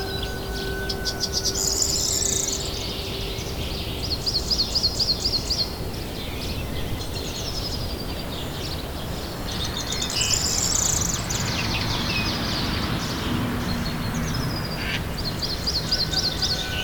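Nature sounds: birds chirp and trill in bright, rapid bursts over a steady hiss of outdoor noise. Song phrases return every few seconds, strongest around two, ten and fifteen seconds, with a faint low hum in the first few seconds.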